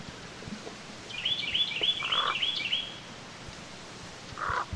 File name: Carolina Wren